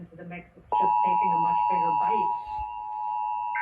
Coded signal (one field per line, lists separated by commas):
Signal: Emergency Alert System (SAME) tones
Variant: 853 and 960 Hz attention tone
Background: speech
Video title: (FOUND) #FLAMBER ON MULTIPLE STATIONS - 1/29/24 (EAS #1333-1343)